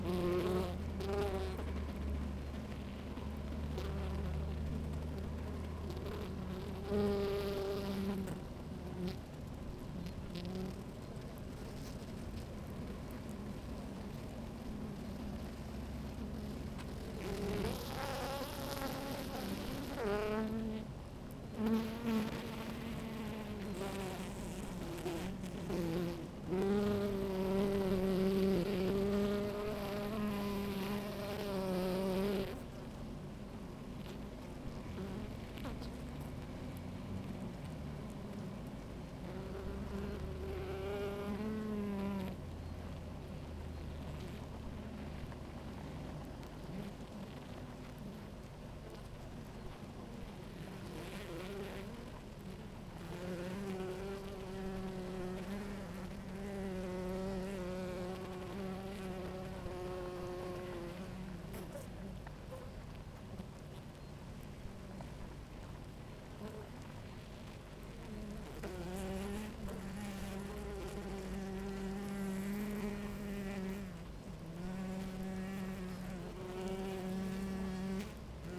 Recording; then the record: honeybee colony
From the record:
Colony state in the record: active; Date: 28 July 2017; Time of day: 16:30